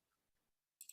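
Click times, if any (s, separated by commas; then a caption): 0.8 s. The top battery piece of a two-piece drone spotlight accessory is pushed onto its base. After a quiet stretch, a sharp, bright click sounds at 0.8 s, followed by a smaller tick at 0.9 s. The battery piece snaps in and is seated.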